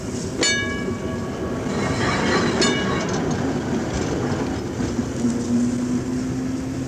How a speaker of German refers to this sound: Über dem in heißer Mittagssonne liegenden Betriebshof der städtischen Straßenbahn fährt langsam der fahrplanmäßige Triebwagen des großen Rings, holt sich im Depot seinen Anhänger und begibt sich auf seine Tour durch die Stadt,